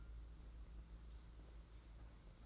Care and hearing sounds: daily activity, microphone in the room; take from stove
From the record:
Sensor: 3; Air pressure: 992.0 hPa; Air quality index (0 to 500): 228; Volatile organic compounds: 1000 ppm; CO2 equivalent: 7844 ppm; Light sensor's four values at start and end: 24/73/30/25 and 24/73/30/25

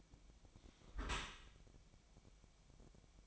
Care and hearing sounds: daily activity, microphone in the room; close dishwasher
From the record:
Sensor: 1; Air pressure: 1006.8 hPa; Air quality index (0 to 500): 208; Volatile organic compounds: 24 ppm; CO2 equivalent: 2810 ppm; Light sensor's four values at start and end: 12/30/12/13 and 12/30/12/13

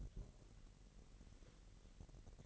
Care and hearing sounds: daily activity, microphone in the room; take from stove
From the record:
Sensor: 4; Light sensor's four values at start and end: 28/67/27/27 and 27/65/27/26

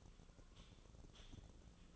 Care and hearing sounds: daily activity, microphone in the room; typing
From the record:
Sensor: 4

